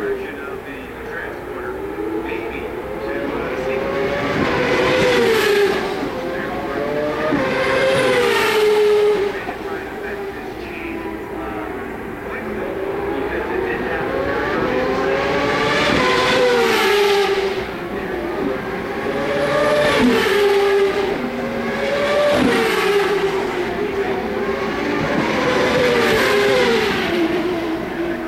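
Turbocharged V8 race cars at a street race, engines rising and falling in pitch as they pass through gear changes. A dense, continuous roar holds throughout, with sharper passes and bursts around 5, 8, 16, 20 and 26 seconds and faint voices beneath.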